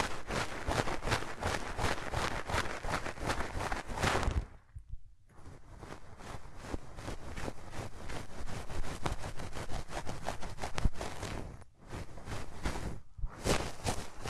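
Hands rub against the ears in a dense, continuous rustling that fills the range from deep rumble to bright hiss, with fast irregular strokes. The rubbing stops briefly around 4.5 seconds, then resumes, with short pauses near 12 and 13 seconds.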